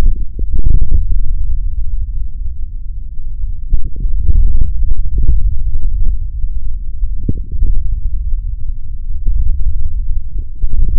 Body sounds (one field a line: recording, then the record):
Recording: forearm muscle sounds (acoustic myography)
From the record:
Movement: tripod grip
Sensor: system 3, bracelet of six PUI Audio POM-2738L microphones around the upper forearm, with dedicated amplification and filtering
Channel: 1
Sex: male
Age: 23 years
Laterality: right